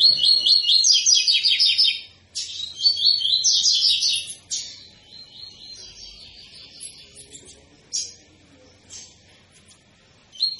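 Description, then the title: Double-collared seedeater song: two loud, busy phrases of rapid buzzy notes, then fainter scattered chirps. Tui-tui song style, intended as a teaching song for young birds; the bird is described as 'fibra'. "COLEIRO TUI TUI FIBRA CANTO PROFESSOR"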